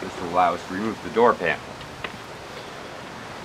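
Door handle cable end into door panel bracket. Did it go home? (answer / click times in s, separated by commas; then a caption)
yes / 2.1 s. Someone talks while the round end of the door-handle cable is put back into its opening in the door panel bracket of a Nissan Kicks and twisted until it locks. A single sharp click at 2.0 s marks the cable end seating in place.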